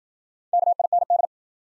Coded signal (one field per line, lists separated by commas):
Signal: Morse code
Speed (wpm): 53 wpm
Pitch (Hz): 700 Hz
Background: none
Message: KIND